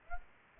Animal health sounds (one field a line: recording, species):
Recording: mosquito wingbeat signal from an infrared sensor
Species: Aedes aegypti